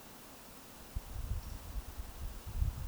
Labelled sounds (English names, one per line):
Eurasian Woodcock whistle